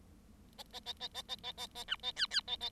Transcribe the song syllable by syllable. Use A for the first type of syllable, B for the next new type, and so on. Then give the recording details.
A A A A A A A A A B A C C A A. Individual Bird7